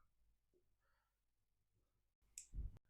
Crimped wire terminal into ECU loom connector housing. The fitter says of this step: and hear it click.